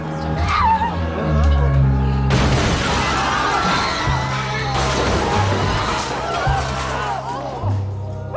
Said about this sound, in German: Eine Bombe ist explodiert. In der Metro. Alle weg von den Straßen, alle raus. Schnell.